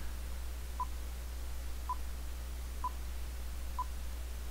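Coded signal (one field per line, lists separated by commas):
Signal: none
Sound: a receiver's button beeps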